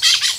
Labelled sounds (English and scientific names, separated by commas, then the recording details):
Brown-throated Parakeet (Eupsittula pertinax) contact call
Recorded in Venezuela
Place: Guárico; Corozopando; Fundo La Fe
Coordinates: 8.506, -67.593